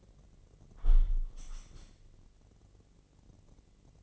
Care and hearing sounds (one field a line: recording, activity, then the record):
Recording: daily activity, microphone in the room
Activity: close window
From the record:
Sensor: 4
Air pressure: 1013.2 hPa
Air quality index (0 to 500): 172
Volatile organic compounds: 2 ppm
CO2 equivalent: 1083 ppm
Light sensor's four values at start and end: 68/168/70/72 and 75/186/78/79